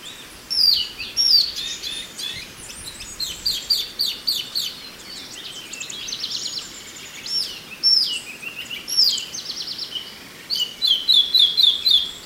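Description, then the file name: Chinese hwamei song: a rich, varied run of high whistled and slurred phrases, some fast repeated notes, in bursts with short pauses between them. "suara alam hwamei"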